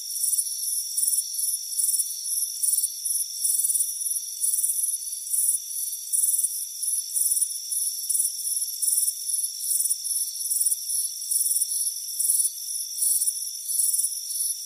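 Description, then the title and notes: Cricket chirps, shrill pulsed trills repeating in quick succession, layered over a constant high-pitched background drone. Warm afternoon, front porch. "Soothing Crickets Chirping Sound. It's a warm afternoon as you relax in a hammock on the front porch. Deep Sleep Sounds"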